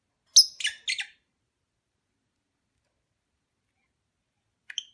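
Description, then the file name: Lovebird chirps, a quick cluster of a few harsh high notes, a long silence, then a soft short call. Mating ritual sounds of lovebirds. "suara ritual kawin lovebird omkicau"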